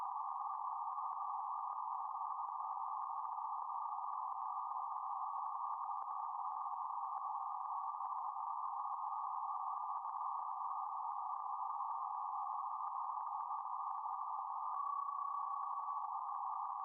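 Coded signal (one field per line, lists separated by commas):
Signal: PSK31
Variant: BPSK31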